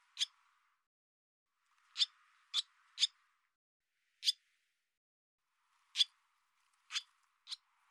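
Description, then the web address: Barn swallow calls: single sharp notes at irregular intervals. "cianscape birddata Deverinetal 2025"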